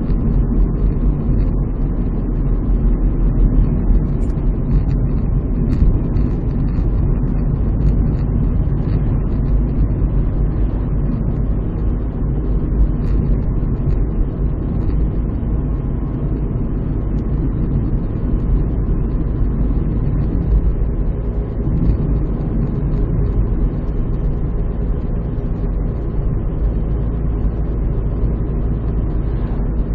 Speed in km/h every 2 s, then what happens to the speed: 56, 56, 53, 56, 56, 58, 57, 57, 58, 58, 60, 60, 59, 59, 59.
0-30 steady at about 58.